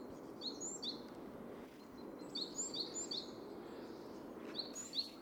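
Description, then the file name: Great tit uttering rapid pairs of high, sharp notes in several short runs, set against continuous low environmental noise. "Parus major"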